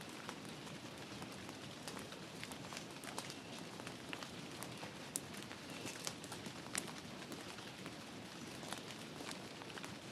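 Forest rain falls in a dense, steady hiss, with sharp drops and crackly taps scattered throughout and a soft low rumble underneath.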